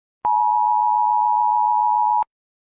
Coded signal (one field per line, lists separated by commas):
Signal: Emergency Alert System (SAME) tones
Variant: 853 and 960 Hz attention tone